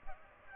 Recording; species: mosquito wingbeat signal from an infrared sensor; Aedes aegypti